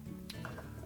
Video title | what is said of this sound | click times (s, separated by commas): Whirlpool Dishwasher Repair - How to Replace the Diffuser (Whirlpool Part # WPW10476221) | make sure the little tabs on the side are locked into place | 0.3 s